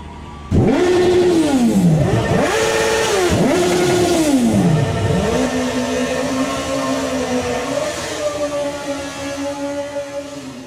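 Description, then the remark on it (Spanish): Black motorcycles' engines rev hard four times in quick rising-and-falling bursts, then settle into a loud, steady idling rumble with no talking. “Gracias a nosotros, a los chicos malos de las motos negras y las remeras con pintitas alusivas.”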